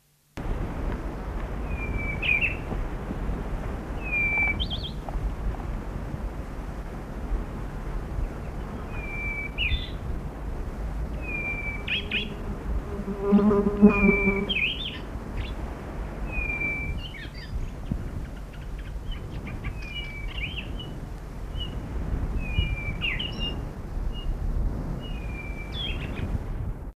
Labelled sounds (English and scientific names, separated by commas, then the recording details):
White-tailed Shrike (Lanioturdus torquatus) call, Pririt Batis (Batis pririt)
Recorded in the wild
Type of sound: call
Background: Batis pririt
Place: Hardap-Damm
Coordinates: -24.4994, 17.8586
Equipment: Halbspur, 9,5 cm/s
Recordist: Lütgens, Hans
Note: duettartig, gegen Ende Priritschnäpper